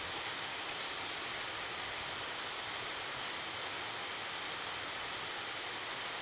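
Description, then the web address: Red-faced spinetail: a very high, thin trill of rapid notes, holding steady in pitch for several seconds over faint background hiss. Recorded in Ecuador. "Natures Songs S America Birds of Ecuador Red-faced Spinetail"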